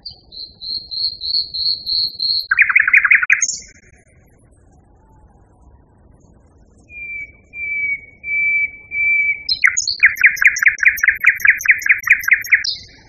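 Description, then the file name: Common nightingale song: a quick string of high repeated notes, a harsh rattle, a pause, a few long pure whistles, then a fast run of loud repeated notes. Song variation. "kicauan-nightingale-b-variasi 3-omkicau"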